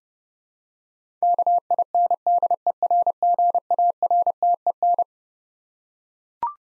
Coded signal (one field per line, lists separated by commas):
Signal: Morse code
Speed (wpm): 32 wpm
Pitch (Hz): 700 Hz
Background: none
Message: KINDERGARTEN